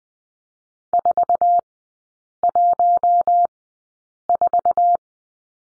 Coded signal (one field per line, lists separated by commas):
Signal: Morse code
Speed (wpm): 20 wpm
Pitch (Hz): 700 Hz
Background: none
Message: 414